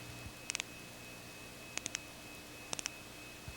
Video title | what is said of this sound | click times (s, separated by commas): 1970's NUS training Series Measurement Tools Unit 2 | when you hear that click you know that the spindle is in proper position | 0.5 s, 0.6 s, 1.8 s, 2.0 s, 2.7 s, 2.9 s